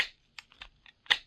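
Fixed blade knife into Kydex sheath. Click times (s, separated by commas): 1.1 s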